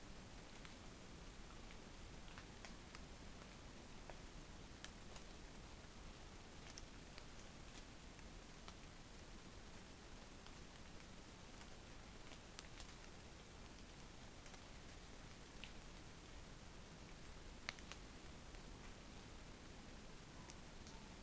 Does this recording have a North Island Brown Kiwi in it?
no